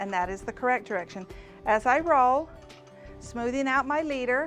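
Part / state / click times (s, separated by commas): ratchet latch on a quilt frame roller pole / not seated / none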